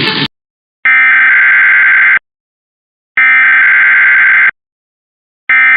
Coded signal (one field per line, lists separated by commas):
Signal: Emergency Alert System (SAME) tones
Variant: header bursts